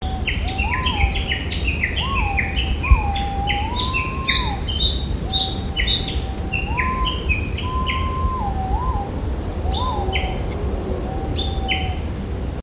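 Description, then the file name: White-bellied green pigeon song: drawn-out, wavering whistled notes that rise and fall, repeated throughout, with small birds chirping high above and steady low background rumble. "aobato"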